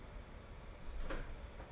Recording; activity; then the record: daily activity, microphone in the room; close door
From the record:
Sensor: 5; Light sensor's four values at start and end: 35/80/32/31 and 35/80/32/31